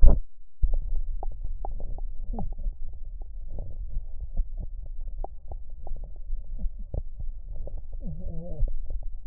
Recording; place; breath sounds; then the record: lung sounds by stethoscope; right posterior lower chest; crackles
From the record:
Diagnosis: heart failure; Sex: female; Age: 76 years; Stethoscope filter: extended mode, 50 to 500 Hz